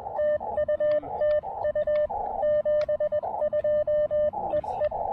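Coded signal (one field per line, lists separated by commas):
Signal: Morse code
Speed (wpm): 21 wpm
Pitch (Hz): 600 Hz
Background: radio noise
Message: TU TU 72 EE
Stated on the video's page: QRP Summits On The Air activation on Hibriten Mountain, including operation on 17 meters.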